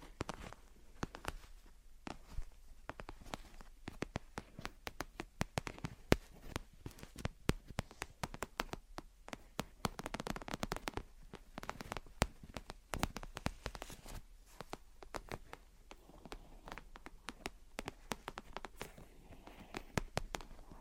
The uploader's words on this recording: Gentle Tapping and Scratching. (No Talking).